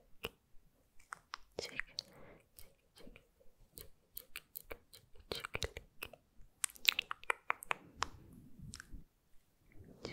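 Mouth sounds: wet clicks, smacks and tongue ticks arrive in quick irregular bursts, several per second, with brief pauses between clusters. Some are sharp, bright snaps, others softer squishy, chewing-like smacks.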